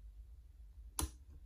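A Lishi pick lifts solid pin four in the pin tumbler of a door lock cylinder. A single sharp click is heard at 0.99 s, and the pin sets.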